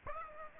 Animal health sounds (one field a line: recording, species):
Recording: mosquito wingbeat signal from an infrared sensor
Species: Aedes aegypti